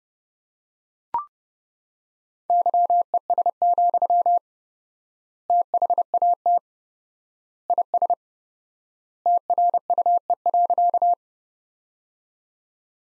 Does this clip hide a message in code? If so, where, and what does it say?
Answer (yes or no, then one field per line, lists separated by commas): yes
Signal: Morse code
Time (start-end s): 2.5-11.1 s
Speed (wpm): 30 wpm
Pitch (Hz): 700 Hz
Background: none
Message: YES, THAT IS TRUE.